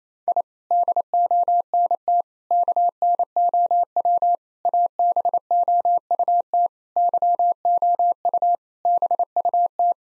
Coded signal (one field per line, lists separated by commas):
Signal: Morse code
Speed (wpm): 28 wpm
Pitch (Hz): 700 Hz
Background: none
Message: I DONT KNOW ABOUT YOU BUT